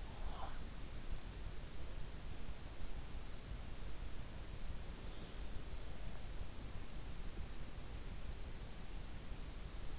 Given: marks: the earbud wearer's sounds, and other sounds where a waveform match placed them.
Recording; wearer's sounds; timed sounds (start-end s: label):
sounds in sleep by an in-ear microphone; breath
0.00-0.73 s: breath